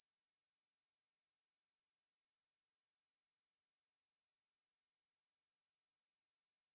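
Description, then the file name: Cicadas singing a continuous, very high-pitched rasping drone that pulses throughout. "Ambience Cicades"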